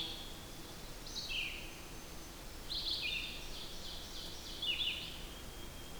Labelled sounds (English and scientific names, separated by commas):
Red-eyed Vireo (Vireo olivaceus) song